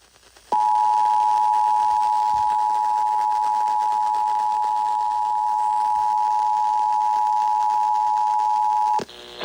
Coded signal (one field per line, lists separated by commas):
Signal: Emergency Alert System (SAME) tones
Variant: 853 and 960 Hz attention tone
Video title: EAS #2261 Severe Thunderstorm Warning on WZOK